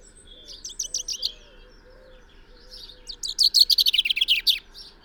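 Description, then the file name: Common chaffinch: a short sharp burst of notes, a pause, then a full trill ending in a downward flourish, with a faint low tone in the background. "Fringilla coelebs"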